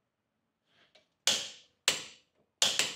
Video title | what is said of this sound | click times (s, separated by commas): 如何DIY检查并更换车轮轴承？车轮异响？方向飘？不要忽视车轮掉落的风险！路虎发现3/发现4/揽胜运动版汽车轴承维修教程 [澳洲Kendi] | 好了这样我的车轴就锁紧到位了 | 1.3 s, 1.9 s, 2.6 s